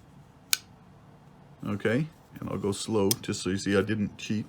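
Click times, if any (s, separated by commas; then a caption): 0.5 s. A Chris Reeve Sebenza 31 titanium frame-lock folding knife is opened, and its ceramic ball detent drops behind the blade, locking it open with a single sharp click at 0.5 s. Because of the changed lock mechanism, this newer model gives one click rather than the two of the Sebenza 21. Someone then talks.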